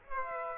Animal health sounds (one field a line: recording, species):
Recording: mosquito wingbeat signal from an infrared sensor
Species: Aedes aegypti